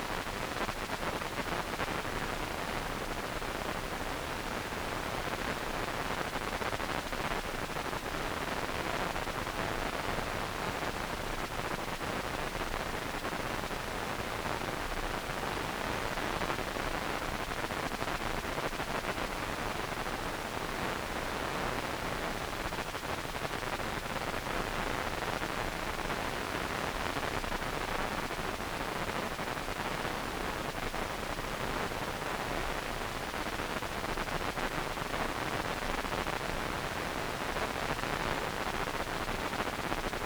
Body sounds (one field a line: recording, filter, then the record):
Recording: brain microelectrode recording played as sound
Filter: wide band, above 20 Hz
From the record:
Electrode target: subthalamic nucleus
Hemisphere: right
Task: reaching with the left hand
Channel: 2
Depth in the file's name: 5.102 mm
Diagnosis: Parkinson's disease